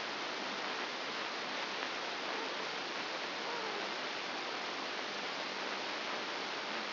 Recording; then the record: brain microelectrode recording played as sound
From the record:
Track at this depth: outside the subthalamic nucleus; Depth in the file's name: 5.701 mm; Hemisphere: left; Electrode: 2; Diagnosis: Parkinson's disease